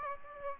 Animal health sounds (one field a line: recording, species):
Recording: mosquito wingbeat signal from an infrared sensor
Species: Aedes aegypti